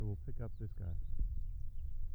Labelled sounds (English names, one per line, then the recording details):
House Finch song
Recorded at Babylon on Long Island, New York, on 22 May 1975
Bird B